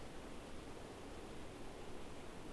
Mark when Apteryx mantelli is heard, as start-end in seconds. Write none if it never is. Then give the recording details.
none. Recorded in New Zealand on 5 November 2015. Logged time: 22:59. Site CQ72